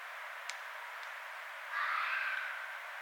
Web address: sounds mammals Red Fox 2012 02 06 Red Fox